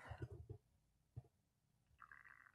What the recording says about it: I just heard his stomach growl. That was my stomach.